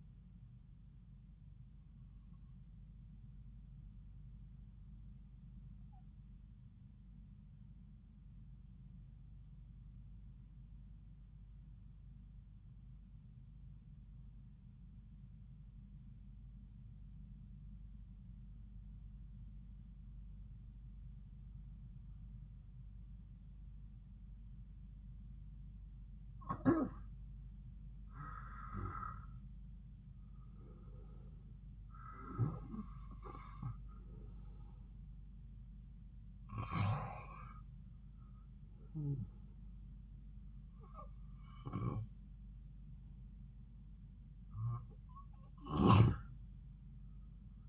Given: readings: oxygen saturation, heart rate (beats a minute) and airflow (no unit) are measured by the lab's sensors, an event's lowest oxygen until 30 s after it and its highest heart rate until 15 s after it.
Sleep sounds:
breathing in sleep by a smartphone at the bedside; 1
5.00-25.30 s: obstructive apnea (N2, oxygen 96% highest, then 88% lowest)
44.00-47.69 s: new sleep stage, REM sleep
From the record:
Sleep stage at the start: N2 (light sleep); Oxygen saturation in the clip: 83 to 96%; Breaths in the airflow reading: 6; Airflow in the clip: -4.8 to 4.7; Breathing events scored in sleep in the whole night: 270 in 6.1 hours asleep

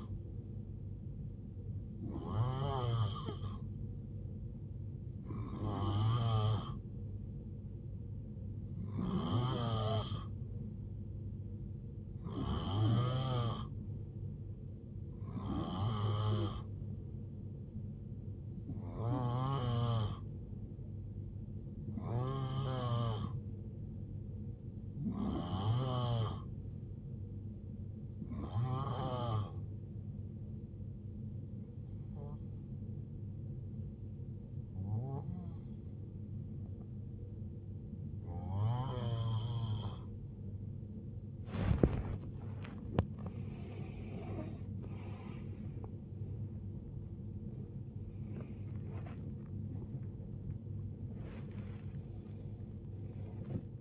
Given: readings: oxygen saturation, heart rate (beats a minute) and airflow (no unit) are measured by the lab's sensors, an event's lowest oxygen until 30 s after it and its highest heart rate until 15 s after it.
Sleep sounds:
breathing in sleep by a smartphone at the bedside; 1
30.00-44.50 s: hypopnea (N2, oxygen 90% highest, then 89% lowest, heart rate 75 at the start, 95 highest)
48.00-53.81 s: new sleep stage, N1 (lightest sleep)
From the record:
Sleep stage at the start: N2 (light sleep); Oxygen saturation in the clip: 88 to 91%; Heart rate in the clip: 70 to 93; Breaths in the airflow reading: 14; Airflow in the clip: -18.3 to 17.5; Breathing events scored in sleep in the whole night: 389 in 6.3 hours asleep

